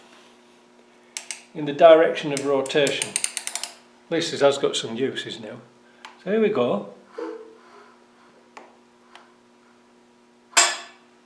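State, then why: Seated. On a 300Tdi engine being timed and having its belt tensioned, the engine is turned by hand with a ratchet in the direction of rotation while someone talks, with a quick run of sharp ticks around 3.4 to 3.6 s. The spring-loaded timing pin clicks into the slot in the flywheel at 8.6 s, a short, sharp click in a quiet gap. It is seated, showing the belt is in the right place, and a brief noisy burst follows near 10.6 s.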